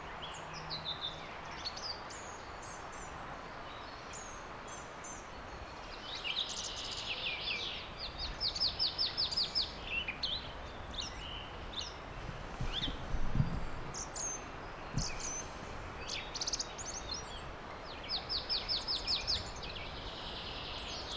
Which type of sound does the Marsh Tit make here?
song